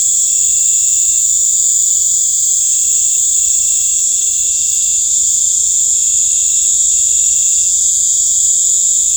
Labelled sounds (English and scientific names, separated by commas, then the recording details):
none
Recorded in pastures near Puerto Asís, Putumayo, Colombia, on 18 December 2024 at 19:00
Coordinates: 0.496, -76.326
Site G004